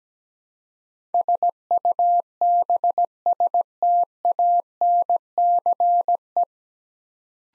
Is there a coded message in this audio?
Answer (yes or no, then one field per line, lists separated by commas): yes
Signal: Morse code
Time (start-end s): 1.1-6.4 s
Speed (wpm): 17 wpm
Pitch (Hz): 700 Hz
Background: none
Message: SUBSTANCE